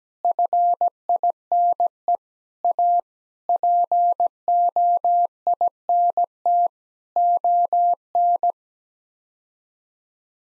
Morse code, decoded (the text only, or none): FINE A POINT ON